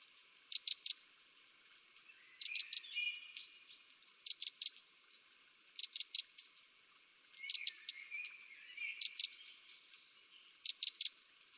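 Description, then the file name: Eurasian wren making dry, snappy tick calls grouped in quick runs of two to four, recurring every one to two seconds. "Troglodytes troglodytes"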